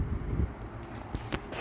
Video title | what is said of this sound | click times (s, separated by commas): F22 F2X BMW M235i Tail Light Malfunction Repair | until you hear a click. Once you hear a click, continue to push it in until you got it seated fully. | 1.3 s